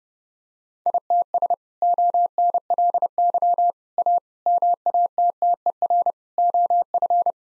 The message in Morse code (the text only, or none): ITS ONLY A MATTER OF